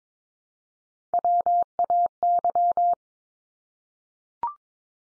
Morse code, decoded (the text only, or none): WAY